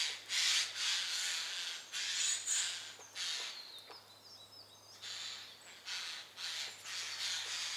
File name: Garrulus glandarius